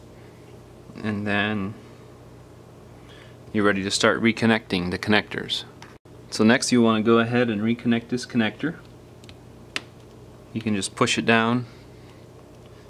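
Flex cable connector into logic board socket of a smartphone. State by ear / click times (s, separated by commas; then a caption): seated / 9.8 s. A flex cable connector is pressed down onto its socket on the logic board of an Asus PadFone smartphone during a vibrator replacement while someone talks. A sharp click at 9.8 s marks the connector snapping in and seating.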